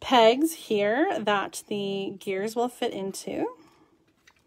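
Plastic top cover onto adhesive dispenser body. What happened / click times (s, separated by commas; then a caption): Handled, not yet seated: no seating click before the clip ends / none. Someone talks while handling an adhesive tape-runner dispenser whose refill cartridge fits onto its gear pegs, with the plastic top cover about to be pressed back onto the dispenser body. After the speech, only a few faint, brief ticks are heard near the end. Nothing has seated or clicked yet.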